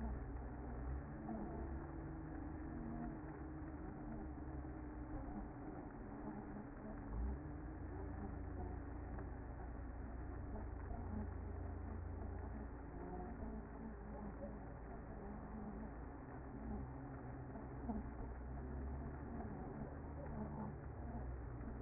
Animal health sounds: honeybee colony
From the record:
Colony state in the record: active

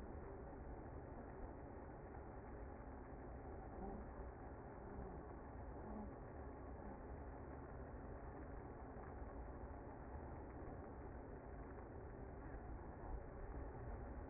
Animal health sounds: honeybee colony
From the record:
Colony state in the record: active

